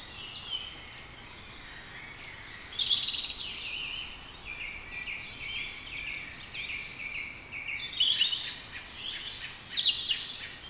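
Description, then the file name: European robin song: thin, high warbling phrases with quick trills and sliding notes, delivered in a run of varied bursts after a short quiet start, over faint background hiss. "Erithacus rubecula"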